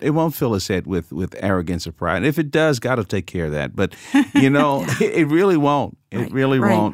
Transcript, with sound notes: It won’t fill his head with arrogance or pride. And if it does, God will take care of that. (laughter) But you know it really won’t, it really won’t.